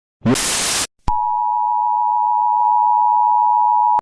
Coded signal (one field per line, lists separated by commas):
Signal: Emergency Alert System (SAME) tones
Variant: 853 and 960 Hz attention tone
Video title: When Day Breaks | EAS Scenario